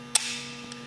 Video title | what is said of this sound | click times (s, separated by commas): AVT 206 A&P Sheet Metal Class - Project 1 Complete Video | now to use this machine I need to get it ready to pull again so I hit the release lever and you'll hear a click | 0.1 s